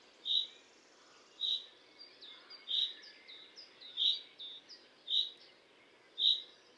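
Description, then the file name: Common chaffinch giving six crisp, high single-note calls at roughly one-second intervals, with quieter twittering notes between them and a soft hiss behind. "Fringilla coelebs"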